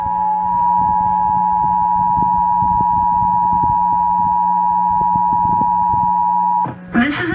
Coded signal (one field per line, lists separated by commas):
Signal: Emergency Alert System (SAME) tones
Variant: 853 and 960 Hz attention tone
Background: speech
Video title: August 2021 Oklahoma Statewide Required Monthly Test (EAS#344-357)